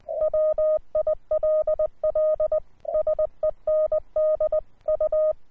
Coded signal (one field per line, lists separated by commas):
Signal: Morse code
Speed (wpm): 20 wpm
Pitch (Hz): 620 Hz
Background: none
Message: WILL SEND U